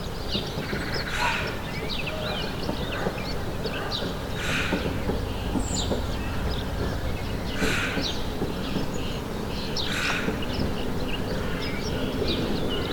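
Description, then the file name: Birds chirping in many quick high notes, broken by several loud rushing bursts of noise over a constant low rumble. Recorded in the morning. "Morning Birds Ambience"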